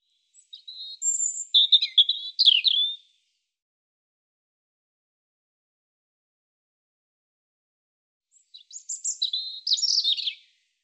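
European robin song: two high, sweet warbling phrases of quick thin whistles and trills, separated by roughly five seconds of silence.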